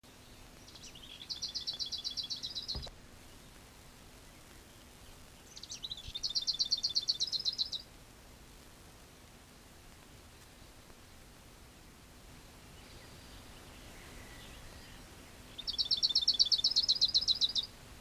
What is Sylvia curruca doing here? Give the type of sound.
song